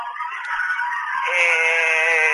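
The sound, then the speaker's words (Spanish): A crowd screams frantically around a car as someone gets into it, in a continuous, high-pitched wall of voices that swells louder partway through and holds steady to the end, with no speech over it. “Bueno, la gente está desesperada. Es como incontrolable la situación.”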